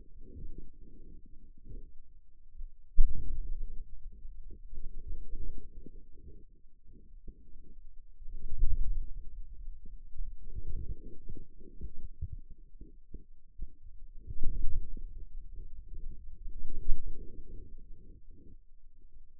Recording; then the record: forearm muscle sounds (acoustic myography)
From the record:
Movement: wrist flexion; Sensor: system 2, bracelet of six BSWA MPA416 microphones around the upper forearm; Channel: 5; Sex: male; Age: 22 years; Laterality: right